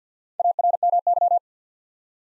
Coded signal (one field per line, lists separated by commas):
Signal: Morse code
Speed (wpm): 50 wpm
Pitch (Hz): 700 Hz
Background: none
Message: ARMY